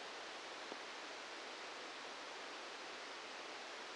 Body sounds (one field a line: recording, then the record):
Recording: brain microelectrode recording played as sound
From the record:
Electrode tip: outside the subthalamic nucleus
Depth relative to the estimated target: -6 mm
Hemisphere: right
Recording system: NeuroSet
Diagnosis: Parkinson's disease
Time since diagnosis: 13 years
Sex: male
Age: 63 years